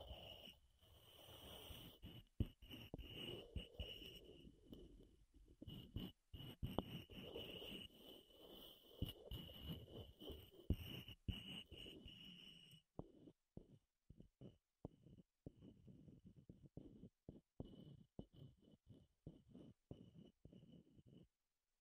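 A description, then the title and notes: Wood triggers: for the first thirteen seconds a dense, rough scratching and rubbing runs almost without pause, with a thin steady whine above it. After that the sound turns sparse, broken into short taps and scrapes separated by brief silences. ASMR Wood Triggers in Your Ears (No Talking).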